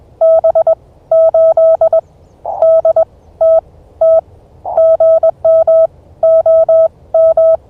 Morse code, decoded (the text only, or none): B8DT T GM OM